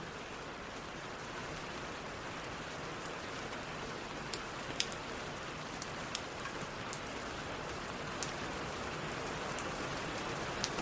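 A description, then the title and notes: Rain falls in a steady, dense hiss that holds an even level throughout. Scattered sharp drips and taps stand out now and then, with a cluster of brighter hits between about four and seven seconds and a few more near the end. Rain Sounds.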